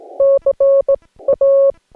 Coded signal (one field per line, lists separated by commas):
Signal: Morse code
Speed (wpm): 17 wpm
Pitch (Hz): 550 Hz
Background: none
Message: CA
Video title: Morse Code POTA Activation from Pinnacles National Park